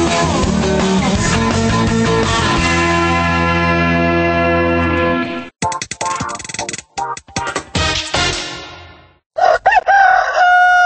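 At dawn, in the early morning, a rooster crows loudly near the end, following several seconds of sustained, ringing tones like bells and a choppy burst of sound. No one speaks.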